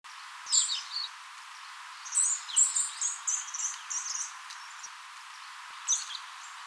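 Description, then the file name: Eurasian nuthatch calls: short, high, sharp chirping notes in scattered bursts, densest in the middle, over a steady faint hiss. "Sitta europaea"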